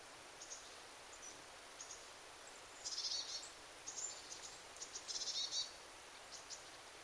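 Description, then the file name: Eurasian blue tit calls: short bursts of rapid, very high, thin notes near three, four and five seconds, with faint scattered ticks between over a steady hiss. "Cyanistes caeruleus"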